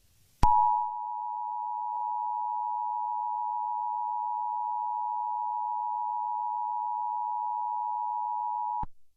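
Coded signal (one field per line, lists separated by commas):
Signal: Emergency Alert System (SAME) tones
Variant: 853 and 960 Hz attention tone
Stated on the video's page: Required monthly and weekly EAS tests on a radio operating on 49.227 MHz LSB and 49.300 MHz USB.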